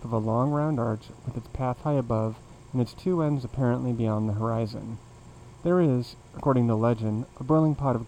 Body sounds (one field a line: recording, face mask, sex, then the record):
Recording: reading aloud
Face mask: surgical mask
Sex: male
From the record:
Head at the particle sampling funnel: facing it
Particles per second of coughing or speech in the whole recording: 0.242